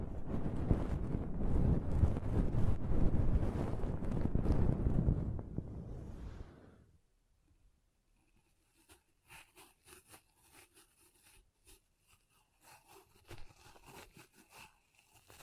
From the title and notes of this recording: ASMR Ultimate Pom Pom Tingles (No Talking).